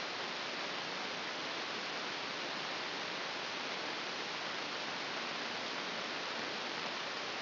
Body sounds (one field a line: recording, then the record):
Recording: brain microelectrode recording played as sound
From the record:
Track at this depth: inside the subthalamic nucleus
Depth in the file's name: 4.717 mm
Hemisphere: left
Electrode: 2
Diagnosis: Parkinson's disease